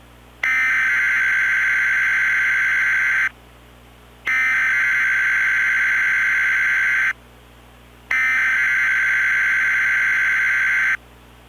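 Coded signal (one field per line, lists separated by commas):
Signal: Emergency Alert System (SAME) tones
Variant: header bursts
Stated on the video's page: Fictional analog-horror EAS scenario involving a tornado; simulated alert, remake of an earlier scenario.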